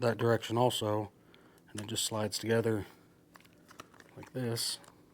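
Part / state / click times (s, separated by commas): plastic housing piece onto rubber grommet mount of a chainsaw / not seated / none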